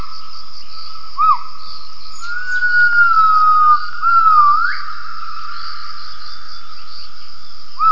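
Gibbon calls: short arched whistled notes, a long sustained tone, and a dip that sweeps sharply upward, over a steady hum and high buzzing.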